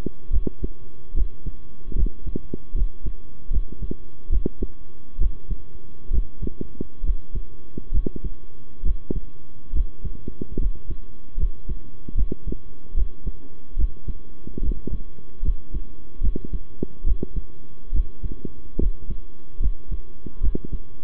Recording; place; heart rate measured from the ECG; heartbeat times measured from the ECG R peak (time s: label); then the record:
heart sounds by stethoscope; between the tricuspid and mitral areas; 72 bpm
0.30 s: heartbeat
1.14 s: heartbeat
1.95 s: heartbeat
2.74 s: heartbeat
3.50 s: heartbeat
4.29 s: heartbeat
5.18 s: heartbeat
6.10 s: heartbeat
7.03 s: heartbeat
7.91 s: heartbeat
8.83 s: heartbeat
9.72 s: heartbeat
10.58 s: heartbeat
11.37 s: heartbeat
12.15 s: heartbeat
12.94 s: heartbeat
13.76 s: heartbeat
14.61 s: heartbeat
15.42 s: heartbeat
16.21 s: heartbeat
17.04 s: heartbeat
17.92 s: heartbeat
18.78 s: heartbeat
19.60 s: heartbeat
20.40 s: heartbeat
From the record:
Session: rest, sitting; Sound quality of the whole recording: good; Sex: male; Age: 23 years